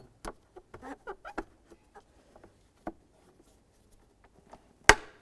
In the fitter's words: listen for a click give it a tug to make sure it's secure and of course you want to test it